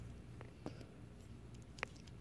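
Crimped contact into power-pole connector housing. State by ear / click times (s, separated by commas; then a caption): seated / 1.8 s. A crimped metal contact on a wire is pushed into a plastic power-pole connector housing. Faint taps and rubs are followed by a sharp, bright click at 1.8 s as the contact latches. The contact is seated and checked to be in there pretty good.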